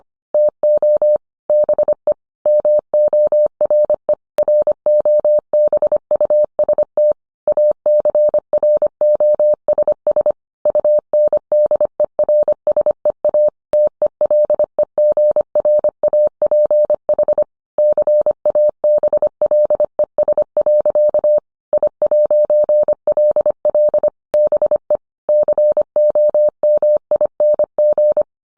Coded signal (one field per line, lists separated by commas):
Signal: Morse code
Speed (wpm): 25 wpm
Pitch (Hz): 600 Hz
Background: none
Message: TO BE MORE ROBUST ACROSS UNDERSEA TELEGRAPH CABLES. I'LL BE COMING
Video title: 20230730 Will the real inventor of Morse code please stand?